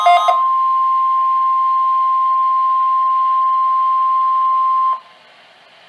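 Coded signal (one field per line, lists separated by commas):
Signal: Emergency Alert System (SAME) tones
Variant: 1050 Hz attention tone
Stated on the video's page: Required Weekly Tests from NOAA weather radio stations WXM60 and KZZ31, Mount Holly NJ forecast office.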